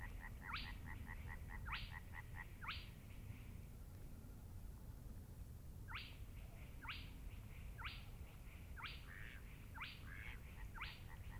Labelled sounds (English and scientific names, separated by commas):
Spotted Crake (Porzana porzana)